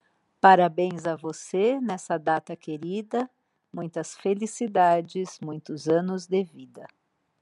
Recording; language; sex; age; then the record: short text; Brazilian Portuguese; male; 50 to 59 years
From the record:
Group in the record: control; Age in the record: 53 years